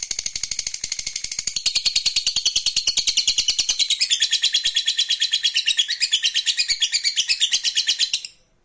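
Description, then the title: Lovebird singing a sustained, very fast high chatter of repeated buzzy notes, changing pattern midway, then stopping abruptly near the end. Meant to stimulate a lazy, quiet lovebird so that it eagerly and spontaneously starts singing in the sustained 'narik' style. "LOVEBIRD Malas Bunyi JADI GREGET SPONTAN Langsung NARIK"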